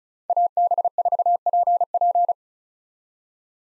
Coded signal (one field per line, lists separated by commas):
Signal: Morse code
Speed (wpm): 36 wpm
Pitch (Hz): 700 Hz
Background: none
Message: AB4PP